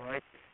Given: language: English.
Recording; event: throat vibration sensor signal played as sound; speech